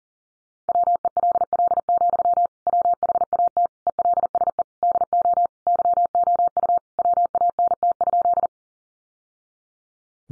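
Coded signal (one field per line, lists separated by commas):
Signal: Morse code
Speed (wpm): 40 wpm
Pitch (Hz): 700 Hz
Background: none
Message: WELL, WHAT ELSE DO YOU WANT?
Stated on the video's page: Morse sent at 40 wpm, sentences built from the top 800 words for head-copy practice.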